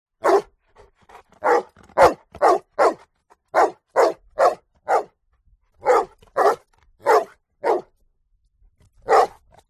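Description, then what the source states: Dog barking in loud, hoarse single barks, repeated in quick bursts with short pauses, many barks overall. Bullmastiff cross; continuous barking.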